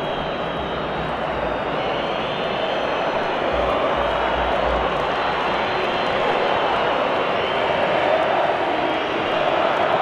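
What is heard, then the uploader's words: A football stadium crowd at Wembley roars in a steady, dense wash of many voices that holds at an even loudness for the whole stretch. No single shout stands out. A low rumble pulses underneath around the middle. Live Football Stadium | Ambience. Sound Recorded at Wembley.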